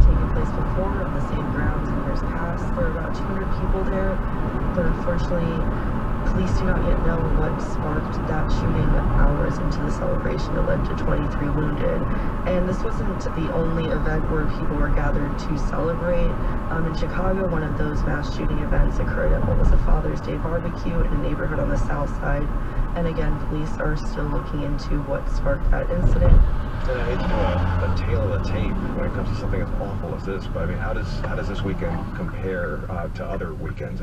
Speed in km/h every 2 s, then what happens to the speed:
58, 56, 56, 56, 56, 55, 53, 53, 50, 47, 45, 44, 40, 40, 35, 24, 13.
0-15 steady at about 56. 15-34 slows to 13.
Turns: none.